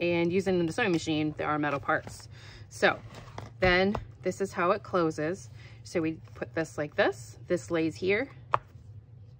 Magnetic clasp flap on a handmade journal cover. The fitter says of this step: you can hear that click I love it